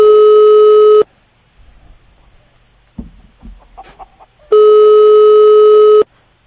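telephone call tone

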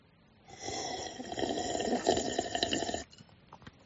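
slurping a drink

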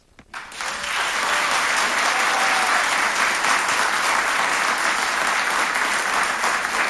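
studio audience applause

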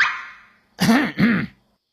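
a man coughing once

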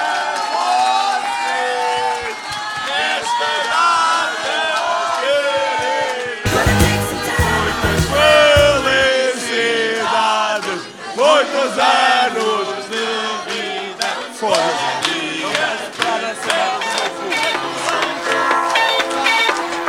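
audience applause and cheering

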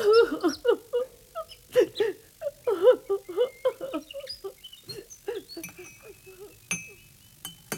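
woman crying

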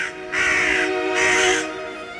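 raven cawing

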